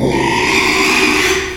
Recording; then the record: squeal of a Yucatan mini pig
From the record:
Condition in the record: after surgery on the right vocal fold (resection and tissue-engineered implant); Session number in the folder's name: 1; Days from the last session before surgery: 6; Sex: male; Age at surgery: 12 weeks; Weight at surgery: 13 kg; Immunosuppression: cyclosporine, prednisolone